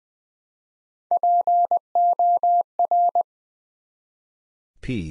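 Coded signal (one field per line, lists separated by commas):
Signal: Morse code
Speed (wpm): 20 wpm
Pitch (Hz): 700 Hz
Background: none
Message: POR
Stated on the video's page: Morse practice at 20 wpm, building four-letter words one letter at a time for instant character recognition training.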